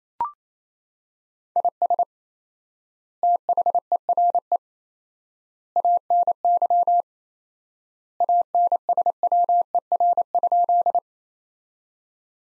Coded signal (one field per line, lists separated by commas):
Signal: Morse code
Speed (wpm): 28 wpm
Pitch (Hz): 700 Hz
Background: none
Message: IS THERE ANY ANSWER?